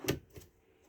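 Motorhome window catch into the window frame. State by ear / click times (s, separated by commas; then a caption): not seated / none. The plastic catch of a Chausson Travel Line 711 motorhome window is handled against the window frame as the window is lowered, producing a sharp handling knock at about 0.1 s and a softer thud near 0.4 s before the sound falls quiet. Nothing has seated or clicked into place yet.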